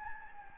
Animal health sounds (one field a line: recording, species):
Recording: mosquito wingbeat signal from an infrared sensor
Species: Anopheles gambiae